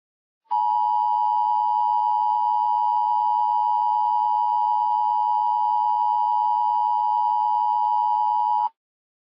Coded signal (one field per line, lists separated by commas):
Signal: Emergency Alert System (SAME) tones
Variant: 853 and 960 Hz attention tone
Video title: "STILLWATER" - EAS Scenario